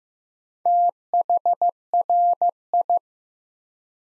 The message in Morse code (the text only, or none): THRI